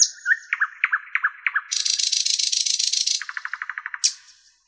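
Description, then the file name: Nightingale song: repeated double notes, a long rasping buzzy trill, then a rapid rattle of notes ending in a high whistle. "solovey"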